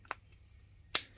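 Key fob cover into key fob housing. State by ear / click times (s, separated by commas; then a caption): seated / 0.1 s, 0.9 s. After a CR2025 coin cell is fitted, the two plastic halves of a Honda GoldWing GL1800 motorcycle key fob are pushed back together, the cover going into the fob housing. A small sharp click sounds at 0.1 s and a louder, brighter snap at 1.0 s, over a quiet background. The case snaps shut and is seated.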